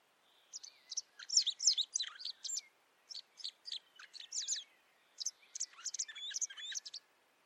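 Bird giving a long series of sharp, high chirps and short twittering notes in three bursts.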